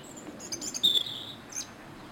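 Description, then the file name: European robin delivering a brief high phrase: thin squeaky notes followed by a clear, slightly falling whistle and a final high flourish, over faint background noise. "Erithacus rubecula"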